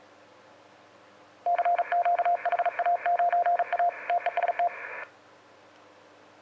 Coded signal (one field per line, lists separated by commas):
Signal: Morse code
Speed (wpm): 38 wpm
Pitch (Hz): 700 Hz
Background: radio noise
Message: CQ HA9A TEST